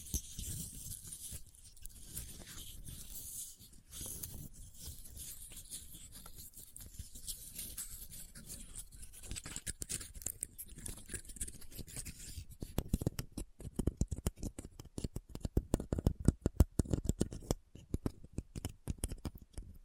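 A Christmas-themed trigger assortment with no talking: soft, dense crinkling and rustling fills the first half, with bright hiss on top. After about twelve seconds it turns into quicker, sharper tapping and clicking, louder and more uneven, with low thumps underneath.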